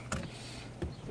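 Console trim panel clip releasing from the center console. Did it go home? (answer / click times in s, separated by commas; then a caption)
released / 0.1 s. A trim panel clip on a Hyundai center console releases as a pry tool lifts the console panel, popping out with a sharp snap at 0.1 s. A fainter knock follows at 0.8 s over a low steady hum. The clip is released and the panel comes free.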